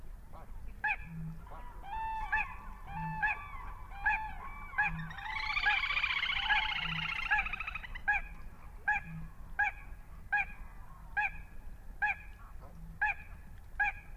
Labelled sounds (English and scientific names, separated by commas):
Little Crake (Porzana parva)